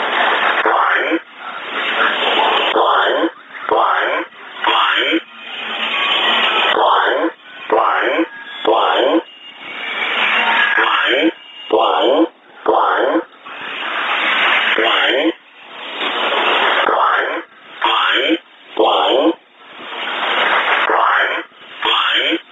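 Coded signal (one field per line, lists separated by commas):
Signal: numbers station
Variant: E07, English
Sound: male voice reading short, evenly spaced words through noisy shortwave audio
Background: radio static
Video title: 16 03 2019 E07 English Man Numbers station in English 0740 on 12112 unknown tx site in USB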